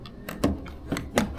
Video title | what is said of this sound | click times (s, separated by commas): Lenovo LEGION GO - Truestrike Controllers = Revolutionary | and you can feel the click. | 1.2 s